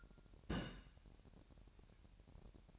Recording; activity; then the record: daily activity, microphone in the room; place on stove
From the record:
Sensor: 2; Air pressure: 1011.9 hPa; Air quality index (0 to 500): 200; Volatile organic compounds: 3 ppm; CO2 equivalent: 1418 ppm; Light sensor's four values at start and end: 63/152/63/61 and 63/151/63/60